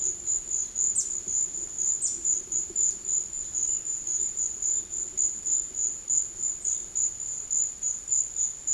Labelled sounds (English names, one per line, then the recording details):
none
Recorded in secondary vegetation near Puerto Asís, Putumayo, Colombia, on 12 March 2025 at 13:00
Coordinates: 0.488, -76.319
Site G095